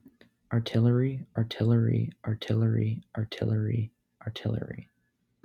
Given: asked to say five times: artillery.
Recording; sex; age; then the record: repeated word; male; 20 to 29 years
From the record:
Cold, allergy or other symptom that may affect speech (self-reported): no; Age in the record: 27 years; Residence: District of Columbia, United States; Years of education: 16